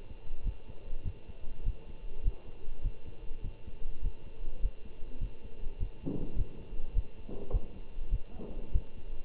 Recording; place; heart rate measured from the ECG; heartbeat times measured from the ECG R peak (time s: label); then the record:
heart sounds by stethoscope; between the tricuspid and mitral areas; 101 bpm
0.43 s: heartbeat
1.03 s: heartbeat
1.63 s: heartbeat
2.22 s: heartbeat
2.81 s: heartbeat
3.42 s: heartbeat
4.01 s: heartbeat
4.60 s: heartbeat
5.19 s: heartbeat
5.78 s: heartbeat
6.35 s: heartbeat
6.93 s: heartbeat
7.50 s: heartbeat
8.09 s: heartbeat
8.71 s: heartbeat
From the record:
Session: Bruce protocol treadmill stress test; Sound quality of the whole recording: good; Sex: male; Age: 25 years